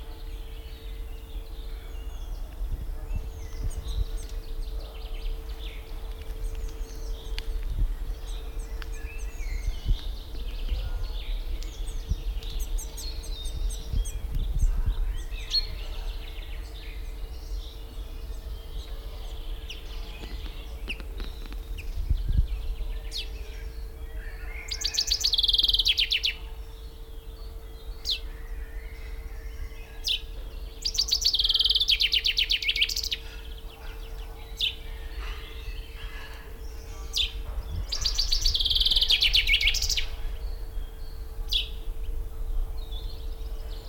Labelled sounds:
Common Chaffinch (Fringilla coelebs) song

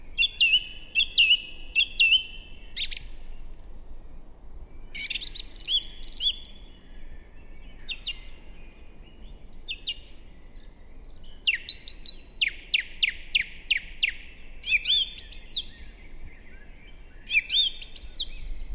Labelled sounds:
Song Thrush (Turdus philomelos) song

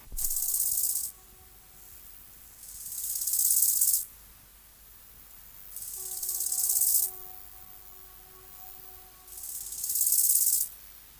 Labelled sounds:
Bow-winged Grasshopper (Chorthippus biguttulus) stridulation

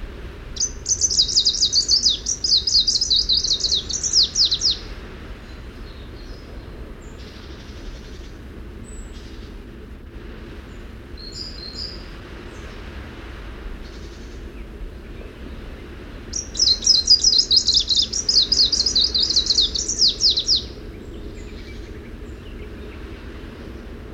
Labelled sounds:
Greenish Warbler (Phylloscopus trochiloides) song

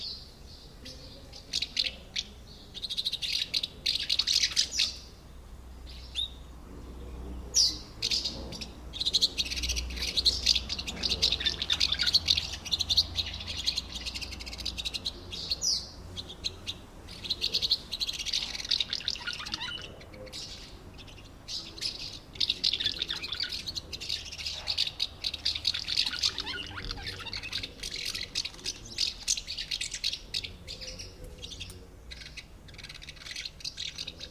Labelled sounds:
Common House Martin (Delichon urbicum)

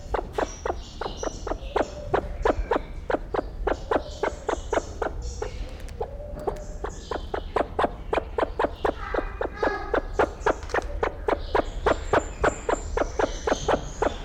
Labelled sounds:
Sulawesi Myna (Basilornis celebensis) call

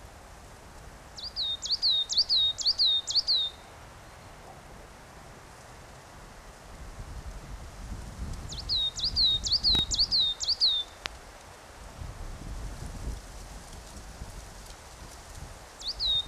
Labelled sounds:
Coal Tit (Periparus ater) song

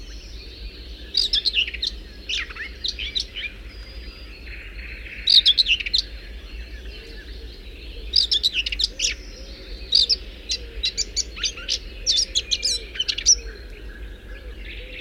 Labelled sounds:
Eurasian Blackcap (Sylvia atricapilla) song

